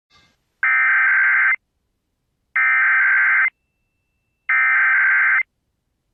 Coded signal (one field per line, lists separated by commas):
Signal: Emergency Alert System (SAME) tones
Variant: header bursts